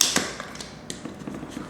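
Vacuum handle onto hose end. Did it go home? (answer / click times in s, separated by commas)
no / none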